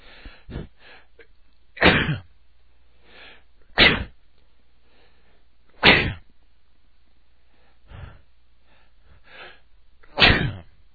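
An adult man makes a string of sharp, sneeze-like bursts, about four loud ones with softer breathy catches in between, at irregular intervals. These are aborted sneezes, false starts where the sneeze builds but never fully releases.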